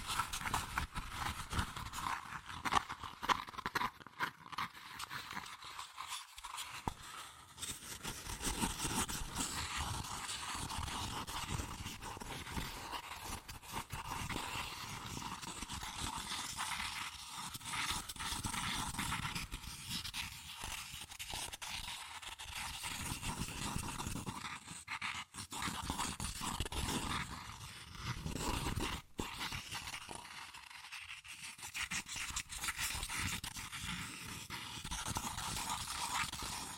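Fast tapping, scratching and tracing on cardboard and paper runs continuously for the whole stretch, a dense, dry rustle of quick strokes. A few sharper taps stand out near the start, and brief lulls thin the sound around six, twenty and thirty-one seconds.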